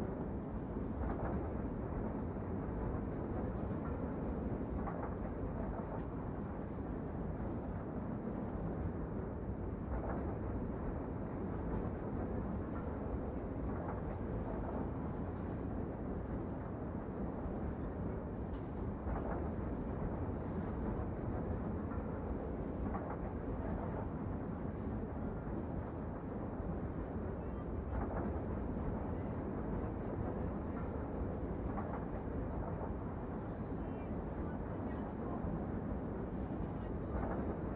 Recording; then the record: background sound without coughing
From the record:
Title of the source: Train Ride Ambience ambient white noise for sleeping, focus, studying, reading